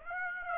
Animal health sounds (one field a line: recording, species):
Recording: mosquito wingbeat signal from an infrared sensor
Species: Aedes aegypti